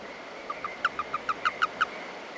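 Toad giving a run of nine short piping notes, growing louder through the series, over a thin continuous high-pitched hum.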